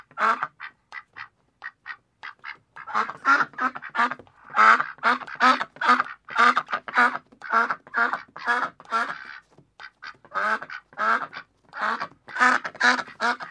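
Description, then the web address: Bird quacking in a rapid series of loud, harsh nasal notes, with a short break about two-thirds of the way through. "Звуки Птицы"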